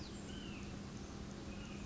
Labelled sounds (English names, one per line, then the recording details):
White-breasted Nuthatch
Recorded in Sonoma County, California